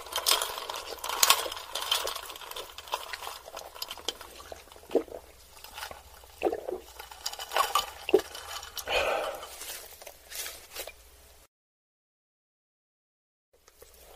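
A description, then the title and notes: Someone eats ramen noodles and chicken nuggets, with soft wet slurps, chewing and small clicks and clinks coming in quick irregular bursts for about eleven seconds. A low steady hum sits underneath. The sound then cuts to silence until a faint return at the end. Eating ramen noodles and chicken nuggets.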